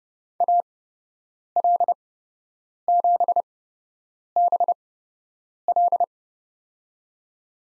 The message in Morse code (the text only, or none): AL7BL